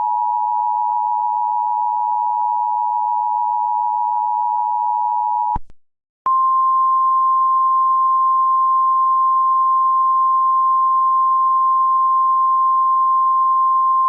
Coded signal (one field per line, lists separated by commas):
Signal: Emergency Alert System (SAME) tones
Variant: 853 and 960 Hz attention tone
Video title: EAS Recreation